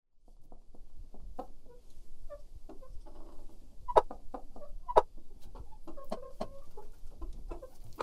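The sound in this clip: Chickens clucking softly and irregularly, with short scattered notes and two sharper louder clucks, over a low rumbling background.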